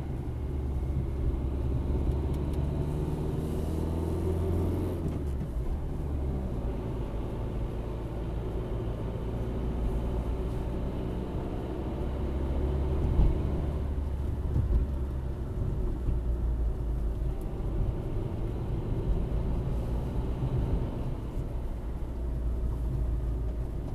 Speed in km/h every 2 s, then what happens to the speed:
34, 40, 39, 41, 44, 49, 53, 48, 45, 46, 44, 39.
0-2 speeds up to 40. 2-7 steady at about 40. 7-12 speeds up to 53. 12-24 slows to 39.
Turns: none.